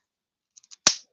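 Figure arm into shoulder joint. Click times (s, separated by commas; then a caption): 0.9 s. A plastic arm of a Captain America action figure, with the fist through the shield, is pinned back onto the figure's shoulder peg. Three faint high ticks at about 0.6 to 0.7 seconds lead into a sharp, loud pop at 0.9 seconds. The arm seats onto the shoulder joint.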